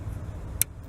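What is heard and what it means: A green plastic position lock on a harness connector is pulled out during intake manifold removal on a 2011–2019 Ford Explorer 3.5 V6, so the connector can slide off. Over a low rumbling background, a single sharp, bright click is heard at 0.6 s as the lock piece pops out and releases.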